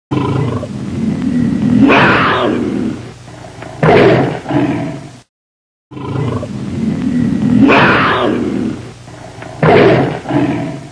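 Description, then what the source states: Tiger growls: a deep, rasping roar swelling and fading, then a second shorter burst, the same pair heard again after a brief silence. Angry tiger.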